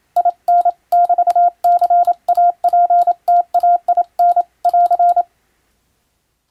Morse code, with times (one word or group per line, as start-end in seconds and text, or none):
0.2-4.4 IN<BT>CAPTAIN
4.7-5.2 <AR>